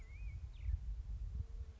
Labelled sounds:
Black-headed Grosbeak
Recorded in Sonoma County, California

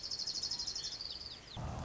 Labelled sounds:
Orange-crowned Warbler
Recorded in Sonoma County, California

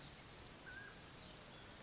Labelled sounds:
Mountain Quail
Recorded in Sonoma County, California

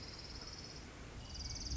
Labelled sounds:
Orange-crowned Warbler
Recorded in Sonoma County, California

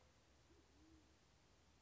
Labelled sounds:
Band-tailed Pigeon
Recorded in Sonoma County, California

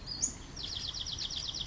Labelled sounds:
Western Flycatcher
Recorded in Sonoma County, California

